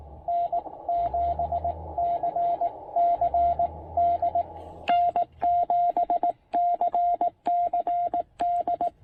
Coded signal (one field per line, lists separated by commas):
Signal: Morse code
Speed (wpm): 19 wpm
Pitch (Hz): 690 Hz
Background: radio noise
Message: N7CCD N7CCD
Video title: POTA QRP DX with the Penntek TR-45L and PackTenna Mini End-Fed Half-Wave!